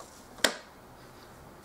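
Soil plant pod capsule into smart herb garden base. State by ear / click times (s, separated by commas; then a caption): seated / 0.5 s. A soil-filled plastic plant pod capsule is pressed into its socket in the plastic base of a Click & Grow smart herb garden. A sharp, bright click sounds at 0.5 s, followed by a much fainter tick near 1.7 s over a quiet background. The capsule is seated firmly in the base.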